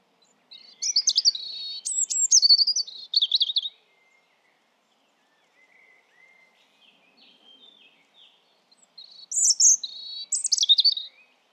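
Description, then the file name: European robin delivering two varied phrases of sweet high whistles and twittering trills, separated by several seconds of near silence with faint soft notes. "Erithacus rubecula"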